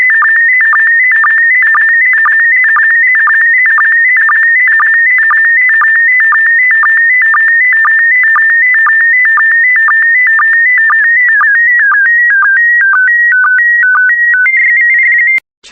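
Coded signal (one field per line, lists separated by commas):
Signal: SSTV (slow-scan television)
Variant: PD120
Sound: steady warbling electronic tone stepping between pitches, with short low sync chirps twice a second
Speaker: transmission complete you can now check your decoded image against the picture that is shown on the video that concludes the daily transmission of slow scan tv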